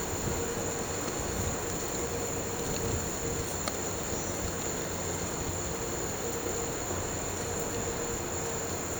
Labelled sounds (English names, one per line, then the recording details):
none
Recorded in pastures near Puerto Asís, Putumayo, Colombia, on 4 March 2025 at 14:30
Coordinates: 0.466, -76.322
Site CSA-02